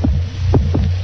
This is the sound of a normal heart.